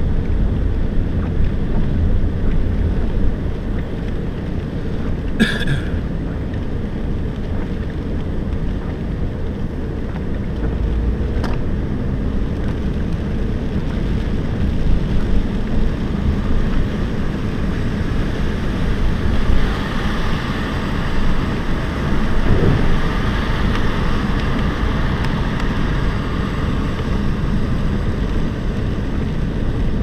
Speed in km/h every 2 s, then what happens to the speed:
32, 34, 36, 36, 36, 41, 45, 49, 48, 47, 47, 47, 47, 47, 45.
0-9 steady at about 36. 9-14 speeds up to 49. 14-30 steady at about 47.